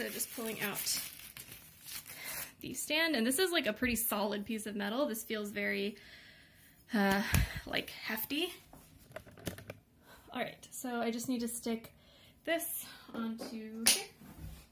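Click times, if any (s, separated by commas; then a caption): none. Someone talks while pulling a solid, hefty metal monitor stand neck out and lining it up to push into the back of the monitor, with crinkling handling noise and a quick run of light taps around 9.2–9.7 s. Nothing has clicked into place yet.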